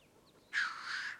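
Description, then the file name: Black grouse hiss: a single abrupt, broad, rushing sneeze-like note lasting under a second. "Digiffects Sound Effects Library - Black Grouse Bird Version 2"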